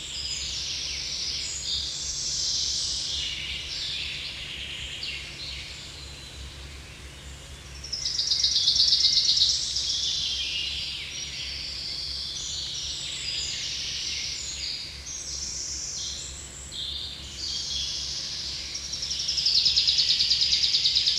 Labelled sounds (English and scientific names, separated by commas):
Common Chaffinch (Fringilla coelebs) song